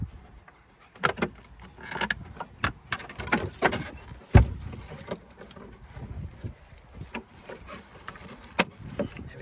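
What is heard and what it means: A piano black plastic trim surround is rotated into position and pressed onto the rear tail light of a Mini Paceman R61, with its tabs locking underneath. Sharp plastic snaps are heard at about 1.1, 2.1, 2.7 and 8.6 seconds, between quieter handling noises. The trim surround is seated and fully in place.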